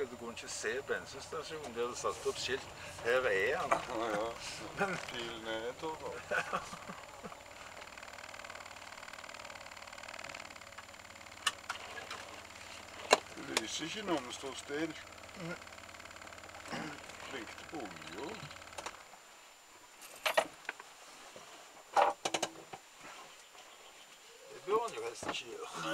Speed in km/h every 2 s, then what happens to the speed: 10, 11, 8, 7, 0, 0, 0, 0, 0, 0, 0, 0, 0.
0-6 steady at about 8. 6-8 brakes to 0. 8-26 standing.